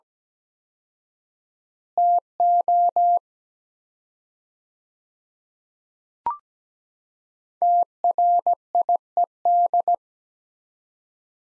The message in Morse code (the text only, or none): TO TRIED